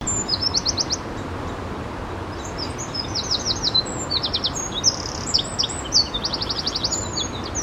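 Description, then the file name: Eurasian wren delivering high, fast, ticking trills in several short bursts that grow busier toward the end, set against steady low-frequency background noise. "Troglodytes troglodytes"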